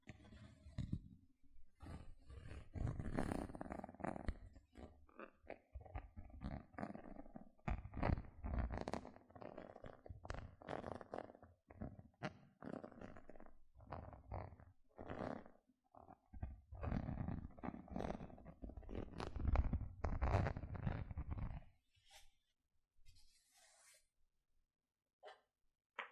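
Gentle scratching sounds, a dense run of soft rasps and scrapes that pile up quickly with only brief gaps. The strokes have a low, rumbling body with a bright crackly edge, and after about 22 seconds they thin out to a few faint scratches.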